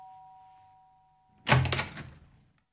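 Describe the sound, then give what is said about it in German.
A doorbell's single steady chime rings out and slowly fades, followed by a loud clunk and rattling as a door is pulled open. No one speaks. “Mach doch mal die Tür auf, bitte. Ich glaube, der Postbote ist da.”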